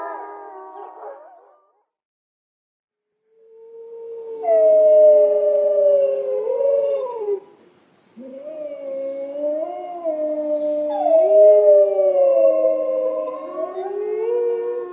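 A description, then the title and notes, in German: Howling canines, wolves or dogs, in long sliding tones with several voices overlapping. A short cry opens the clip, then nearly two seconds of silence, before a sustained chorus of wavering howls rises from about four seconds and continues, with a brief break near eight seconds. Die Stimmen der Wölfe, Schakale und Hunde.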